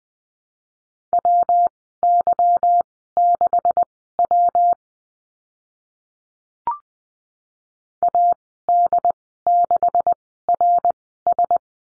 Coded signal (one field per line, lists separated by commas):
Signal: Morse code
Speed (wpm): 20 wpm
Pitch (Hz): 700 Hz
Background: none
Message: WY6W AD6RS